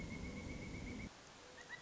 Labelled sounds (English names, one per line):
Pileated Woodpecker